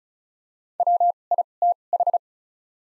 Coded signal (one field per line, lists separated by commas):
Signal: Morse code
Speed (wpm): 36 wpm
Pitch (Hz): 700 Hz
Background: none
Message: W I T H